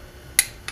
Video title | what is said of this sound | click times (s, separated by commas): Subaru Head Gasket Torque Sequence | there's our click move on to bolt number two | 0.4 s